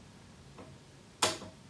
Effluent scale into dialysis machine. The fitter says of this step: and when you hear that second click